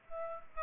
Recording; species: mosquito wingbeat signal from an infrared sensor; Aedes aegypti